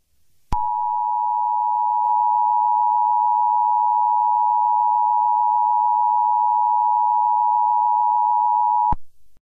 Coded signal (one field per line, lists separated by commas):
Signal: Emergency Alert System (SAME) tones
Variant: 853 and 960 Hz attention tone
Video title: EAS Scenario - Carl the NPC Strikes Back